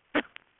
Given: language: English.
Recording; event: throat vibration sensor signal played as sound; cough